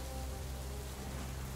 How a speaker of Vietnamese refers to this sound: Phủ Quốc Oai những ngày tháng 7 cô hồn, giông bão sấm chớp giật dữ dội. Trong màn mưa trắng xóa như trút nước kia, có vài người đàn ông cưỡi ngựa phóng xuyên trong màn mưa.